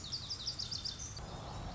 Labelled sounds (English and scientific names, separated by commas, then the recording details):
Lazuli Bunting (Passerina amoena)
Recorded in Sonoma County, California